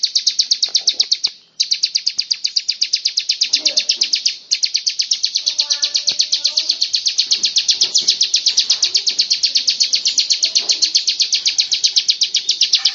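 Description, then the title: Lovebird giving a long, high, rapid chattering trill, broken by two short pauses, with faint softer bird chirps underneath. Long ngekek song (ngekek panjang) style. "Audio Lovebird Ngekek Panjang Ciblek"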